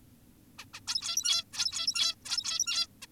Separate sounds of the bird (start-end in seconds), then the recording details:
0.59-0.65, 0.74-0.80, 0.88-1.44, 1.53-2.15, 2.25-2.87, 3.02-3.06. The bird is an adult. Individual g17y2U